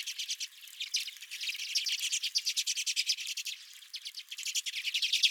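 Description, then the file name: Redpolls giving a continuous run of rapid, dry, rattling chips from several birds at once. Several redpolls at the recordist's own feeder. "Redpolls at My Feeder"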